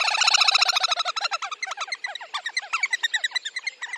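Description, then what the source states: Little Grebe duet: a fast, high, bubbling trill of repeated notes that gradually slows and becomes more spaced over four seconds. Synchronous duet between a pair.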